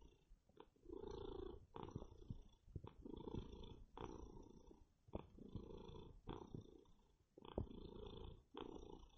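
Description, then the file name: Cat purr, a steady low vibrating rumble rising and falling in breath-length waves, with occasional soft clicks and handling noises. Male domestic cat, purring. "kater blacky schnurren"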